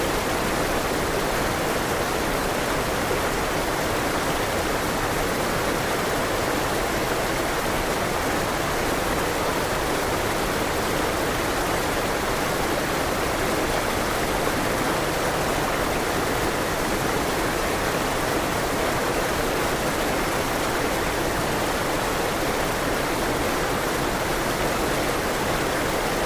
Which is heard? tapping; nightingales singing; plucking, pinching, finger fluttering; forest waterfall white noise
forest waterfall white noise